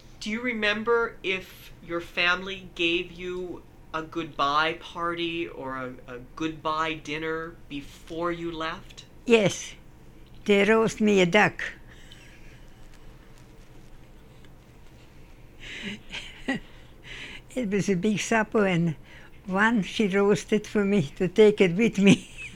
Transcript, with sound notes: Do you remember if your family gave you a goodbye party or a goodbye dinner before you left?
Yes. They roast me a duck.. (Laughs) It was a big super and one she roasted for me to take it with me..